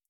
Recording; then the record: hydrophone in a shrimp aquaculture tank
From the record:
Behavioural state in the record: feeding